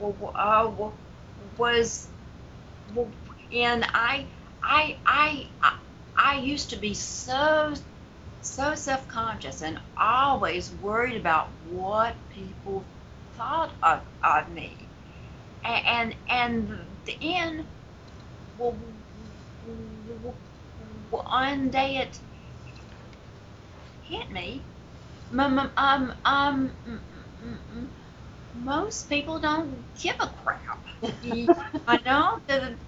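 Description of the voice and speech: Adult woman speaking with a stutter: repeated sounds and syllables, stretched sounds, and long silent blocks before words, giving a broken, halting flow to otherwise fluent phrases.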